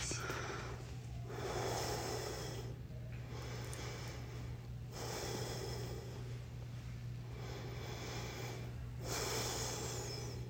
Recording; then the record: deep breathing after running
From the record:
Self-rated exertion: light exertion (2 of 6); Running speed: 5 miles an hour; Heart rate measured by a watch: 95 beats a minute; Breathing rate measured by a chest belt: 23 breaths a minute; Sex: male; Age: 57 years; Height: 171 cm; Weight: 59 kg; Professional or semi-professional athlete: no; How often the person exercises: over 5 times a week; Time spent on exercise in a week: over 5 hours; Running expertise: no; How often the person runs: over 5 times a week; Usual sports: running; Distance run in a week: 50 miles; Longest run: 50 miles